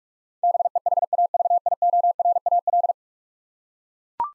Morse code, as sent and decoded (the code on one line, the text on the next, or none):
-... . .... .- ...- .. --- .-. .- .-..
BEHAVIORAL